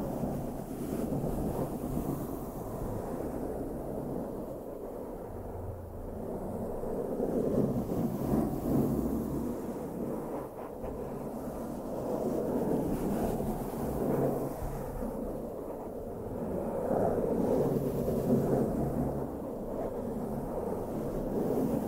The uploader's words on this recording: ASMR INTENSE MIC BRUSHING NO TALKING, ASMR BRUSHING SOUNDS, BRUSH MICROPHONE ASMR.